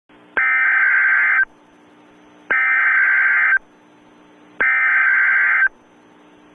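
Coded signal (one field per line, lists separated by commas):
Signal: Emergency Alert System (SAME) tones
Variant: header bursts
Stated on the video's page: Fictional EAS-style requested alert about a computer virus.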